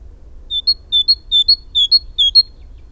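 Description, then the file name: Great tit singing a see-sawing series of five two-note phrases, clear high whistles in a regular bouncing rhythm over faint background rumble. "Parus major"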